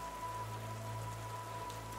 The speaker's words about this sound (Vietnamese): Lúc đặt viên gạch cuối cùng lên cái nắm đất nhão nhoẹt, gãi giật mình xem chút nữa ngồi xuống vì trong tiếng mưa lộp độp, tiếng gió vi phúc là âm thanh băng lãnh như từ chốn u minh vọng về.